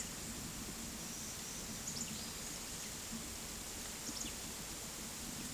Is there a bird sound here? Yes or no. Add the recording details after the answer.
no. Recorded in secondary vegetation near Puerto Asís, Putumayo, Colombia, on 22 December 2024 at 12:30. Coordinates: 0.468, -76.324. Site G095